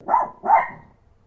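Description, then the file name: Chihuahua giving two sharp, yappy barks in quick succession, under half a second apart, then quiet. Barking; Newcastle. "ANIMAL DOGS CHIHUAHUAS NEWCASTLE BARKING"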